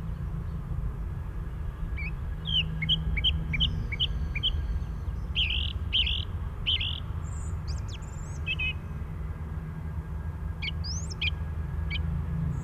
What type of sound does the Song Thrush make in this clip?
song